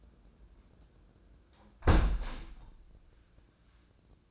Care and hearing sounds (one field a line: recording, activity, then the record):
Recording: daily activity, microphone in the room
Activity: close window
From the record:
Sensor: 2